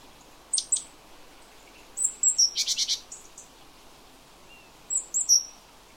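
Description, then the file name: Great tit with sharp high notes, a dry rattling churr of several pulses, then a few more clipped high whistles. "Parus major"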